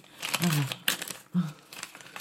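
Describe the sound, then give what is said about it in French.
Paper rustles and crinkles in a few quick bursts as a letter from Monsieur Maurice, written from prison on scraps of paper, is unfolded, with a couple of short, low voiced murmurs in between. “Madame, il y a une lettre de Monsieur Maurice.”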